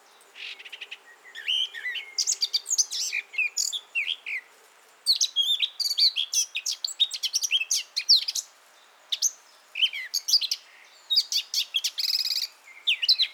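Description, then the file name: Eurasian blackcap song: bursts of brisk warbling mixing sharp notes and fluty whistles, with short gaps between phrases. "Sylvia atricapilla"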